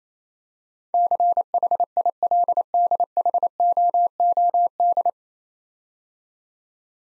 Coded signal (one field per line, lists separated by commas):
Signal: Morse code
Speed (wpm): 29 wpm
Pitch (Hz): 700 Hz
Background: none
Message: CHILDHOOD